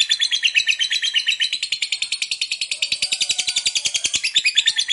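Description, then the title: Lovebird chattering energetically, a dense, high, buzzy series of rapid pulses continuing steadily through the whole stretch. Fighter lovebird singing energetically, in the gacor style. "Berkat SUARA Lovebird FIGHTER GACOR Ini"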